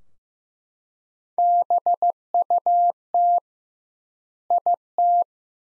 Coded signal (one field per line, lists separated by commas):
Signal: Morse code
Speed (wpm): 15 wpm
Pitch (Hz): 700 Hz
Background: none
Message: BUT IT